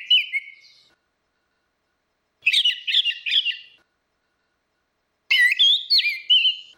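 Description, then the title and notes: Orange-headed thrush delivering short phrases of quick looping whistles, with silent pauses between them. Continuous singing (ngeplong), used as a masteran for training other birds to learn the song. "Suara Burung Anis Merah Ngeplong. Masteran Anis Kembang"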